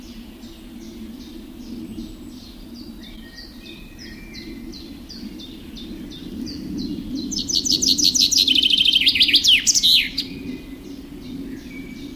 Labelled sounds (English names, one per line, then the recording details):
Common Chaffinch song
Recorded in the wild
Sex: male
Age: adult
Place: Mühlenbeck, Brandenburg, DE
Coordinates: 52.6833, 13.3833
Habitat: forest
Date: 1996-06-22 15:49
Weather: cloudy, 16°C
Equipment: Sony MD-WM MZ-R3, Sennheiser MKH 416 T, Kopie Uher 4000 Report Monitor
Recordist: Tembrock, Günter